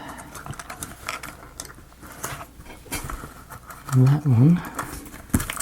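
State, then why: Partly seated. A small wood or plastic piece from a CuteRoom Magical Fate mini dollhouse kit is pushed into its slot during assembly, with light taps and short clacks throughout and someone talking. A sharp clack comes at 5.3 s, but the piece is only partly seated and does not go all the way in.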